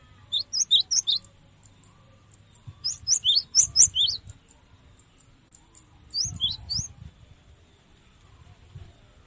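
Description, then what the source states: Cinereous tit song: three bursts of bright, high two-note whistled phrases, each phrase repeated quickly several times, with low background rumble. Tutoring song (masteran) used to train other birds to sing.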